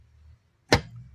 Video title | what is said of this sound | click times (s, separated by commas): Charge Point Level 2 EV Charger Review - Fast, Efficient Home Charging Solution | do a nice clunk | 0.7 s